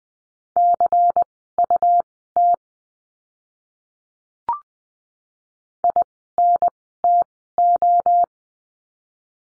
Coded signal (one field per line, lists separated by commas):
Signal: Morse code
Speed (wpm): 20 wpm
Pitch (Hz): 700 Hz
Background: none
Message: CUT INTO